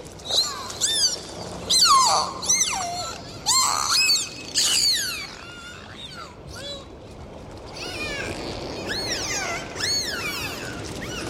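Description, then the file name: Dolphin whistles, loud bursts of swooping chirpy whistles in quick succession, then softer overlapping arcs later on, with a light hiss underneath. "Zvuki Prirody - Vesyolye Delfiny"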